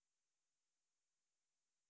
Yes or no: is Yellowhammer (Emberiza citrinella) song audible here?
no